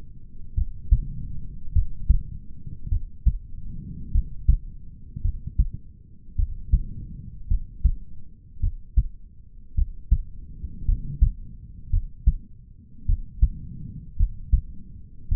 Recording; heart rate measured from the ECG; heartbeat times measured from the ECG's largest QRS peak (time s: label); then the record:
heart sounds by stethoscope; 53 bpm
0.55 s: heartbeat
1.73 s: heartbeat
2.89 s: heartbeat
4.12 s: heartbeat
5.22 s: heartbeat
6.36 s: heartbeat
7.48 s: heartbeat
8.61 s: heartbeat
9.75 s: heartbeat
10.86 s: heartbeat
11.91 s: heartbeat
13.06 s: heartbeat
14.17 s: heartbeat
15.29 s: heartbeat
From the record:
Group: healthy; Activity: rest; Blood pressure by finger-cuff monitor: 88/63 mmHg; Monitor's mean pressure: 73 mmHg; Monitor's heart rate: 52 bpm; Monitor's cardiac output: 4.1 L/min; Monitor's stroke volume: 79 mL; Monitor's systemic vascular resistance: 1300 dyn s/cm5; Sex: male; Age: 20 years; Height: 187 cm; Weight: 68.9 kg